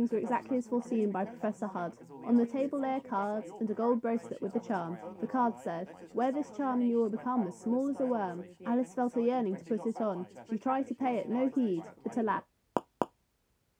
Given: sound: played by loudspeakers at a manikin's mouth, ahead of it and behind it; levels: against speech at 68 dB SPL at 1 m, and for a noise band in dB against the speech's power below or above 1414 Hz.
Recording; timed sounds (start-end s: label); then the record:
test signals for a remote microphone
0.00-12.39 s: woman speaking, babble ahead at +6 dB SNR for speech at 1 m
12.77 s: click
13.02 s: click
From the record:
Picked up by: measurement microphone